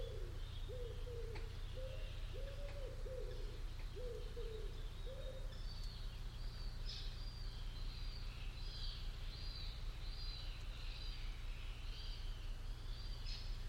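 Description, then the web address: Bird calls: a series of short, low hooting notes repeated for about five seconds, then high twittering chatter, over a steady low rumble. "cianscape. Deverinetal. Bird Only"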